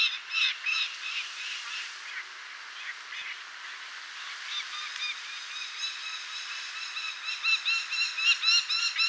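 Lanner falcon calls: harsh, rapid nasal notes repeated several times a second, fading in the middle and growing louder again near the end.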